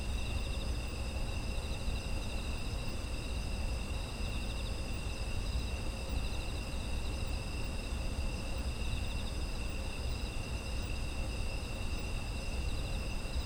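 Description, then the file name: Insects calling as a dense, unbroken chorus of high ringing trills at several pitches, with a steady low background hum throughout. Ambient sound of insects in autumn. "秋の虫の環境音"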